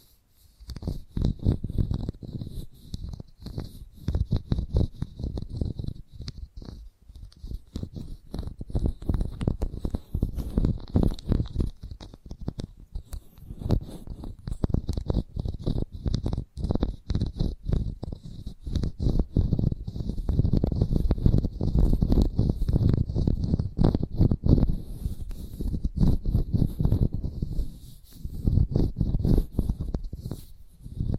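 Chalk taps and scratches in dense, rapid strokes, with brief pauses, mostly low and gritty, plus a steady thin high hiss throughout.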